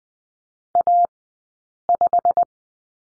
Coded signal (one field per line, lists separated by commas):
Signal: Morse code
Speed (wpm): 19 wpm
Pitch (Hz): 700 Hz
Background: none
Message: A5